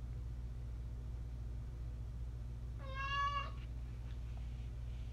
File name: miso maddening meows